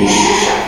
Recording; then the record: squeal of a Yucatan mini pig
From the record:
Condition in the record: after surgery on the right vocal fold (resection and tissue-engineered implant); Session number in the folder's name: 2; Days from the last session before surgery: 13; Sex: male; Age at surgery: 12 weeks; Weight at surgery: 13 kg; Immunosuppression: cyclosporine, prednisolone